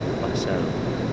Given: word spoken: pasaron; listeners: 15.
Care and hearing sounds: one Spanish word in noise, from a listening test; speech-shaped noise; -5.8 dB; 2 of 15; 12 of 15; 0.73 s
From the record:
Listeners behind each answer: 12, 2, 1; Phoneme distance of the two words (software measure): 17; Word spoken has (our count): 3 syllables, 7 phonemes, stress on syllable 2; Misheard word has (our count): 3 syllables, 6 phonemes, stress on syllable 2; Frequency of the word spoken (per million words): 29.45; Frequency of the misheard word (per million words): 462.01

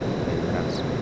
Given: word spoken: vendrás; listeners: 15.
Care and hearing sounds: one Spanish word in noise, from a listening test; speech-shaped noise; -5.5 dB; 1 of 15; 6 of 15; 0.62 s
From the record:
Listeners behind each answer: 6, 2, 1, 1, 1, 1, 1, 1, 1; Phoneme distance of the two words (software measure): 10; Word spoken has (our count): 2 syllables, 7 phonemes, stress on syllable 2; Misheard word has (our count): 2 syllables, 7 phonemes, stress on syllable 2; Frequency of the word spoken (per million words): 0.79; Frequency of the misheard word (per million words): 8.66

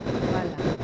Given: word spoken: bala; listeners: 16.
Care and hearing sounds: one Spanish word in noise, from a listening test; noise modulated by three-talker babble; -6.3 dB; 4 of 16; 11 of 16; 0.44 s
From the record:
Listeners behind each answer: 11, 4, 1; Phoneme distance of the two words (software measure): 10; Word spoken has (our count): 2 syllables, 4 phonemes, stress on syllable 1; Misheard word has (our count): 2 syllables, 4 phonemes, stress on syllable 1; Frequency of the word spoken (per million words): 11.36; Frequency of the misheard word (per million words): 3.00

